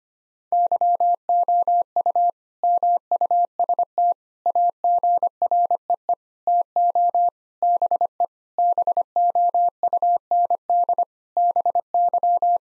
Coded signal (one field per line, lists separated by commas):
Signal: Morse code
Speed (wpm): 25 wpm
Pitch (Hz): 700 Hz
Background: none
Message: YOU MUST AGREE TO BE BOUND BY